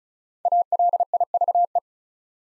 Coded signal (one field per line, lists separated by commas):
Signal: Morse code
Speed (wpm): 36 wpm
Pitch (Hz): 700 Hz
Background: none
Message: ALIVE